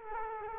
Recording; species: mosquito wingbeat signal from an infrared sensor; Culex quinquefasciatus